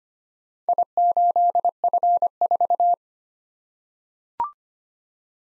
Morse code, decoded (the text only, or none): I8F4